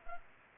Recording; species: mosquito wingbeat signal from an infrared sensor; Anopheles arabiensis